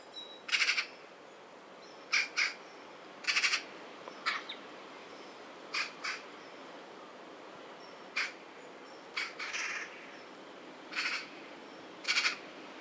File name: Pica pica